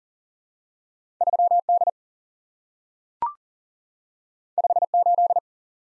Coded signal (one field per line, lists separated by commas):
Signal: Morse code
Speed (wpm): 40 wpm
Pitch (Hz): 700 Hz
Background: none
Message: 3 D 5 8